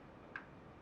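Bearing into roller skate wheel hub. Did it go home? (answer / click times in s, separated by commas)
no / none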